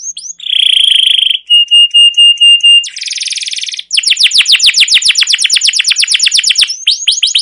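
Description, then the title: Canary singing a buzzy roll and a string of short whistled notes, then a dense buzz and a long fast run of repeated downward-sweeping notes. Long 'gacor' canary song with 'cuit cuit' notes and 'ngerol' rolling trills, used as master lure material to train and prompt other canaries. "CUIT CUIT NGEROL LANGSUNG GACOR PANJANG Kenari Utk Pancingan KENAR. Masteran Suara Burung Kenari Gacor Panjang cuit cuit Ngerol untuk Pancingan Kenari"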